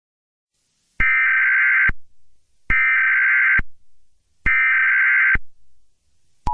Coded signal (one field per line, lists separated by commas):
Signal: Emergency Alert System (SAME) tones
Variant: header bursts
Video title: EAS Scenario #1: Michael Reeves' Crackhead Revolution